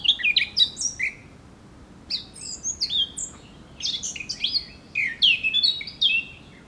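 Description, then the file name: Eurasian blackcap song, quick bursts of warbled, high chirping notes, with phrases separated by short pauses and a faint background hiss. "Sylvia atricapilla"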